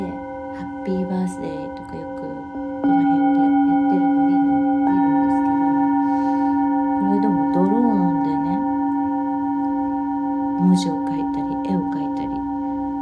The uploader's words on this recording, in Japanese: メキシコから シンギングボウルのサウンドヒーリング ライブ。